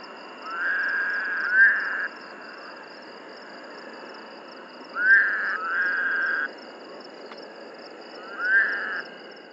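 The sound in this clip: Woodhouse's toad, drawn-out buzzy nasal calls with a quick rising start, some paired, spaced a few seconds apart against steady high-pitched background droning.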